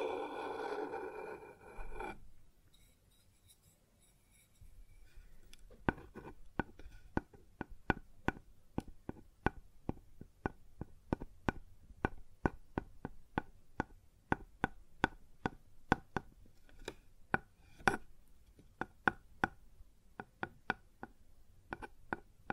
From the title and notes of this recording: ASMR Sounds on Wooden Surface (No Talking).